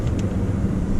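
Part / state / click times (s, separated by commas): emergency key blade into car key fob / not seated / none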